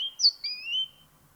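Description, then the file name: Great tit giving a single phrase of high sliding whistles, a sharp upper note over a lower rising one, then quiet. "Parus major"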